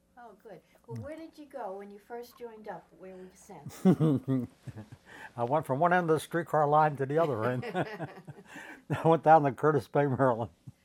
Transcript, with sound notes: Oh, good. Well, where did you go when you first joined up? Where were you sent?
[chuckles] I went from one end of the streetcar line to the other end. [laughter] I went down to Curtis Bay, Maryland.